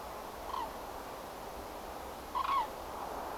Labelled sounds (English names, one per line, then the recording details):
Common Crane
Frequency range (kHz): Common Crane 0.7-5.6 kHz
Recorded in France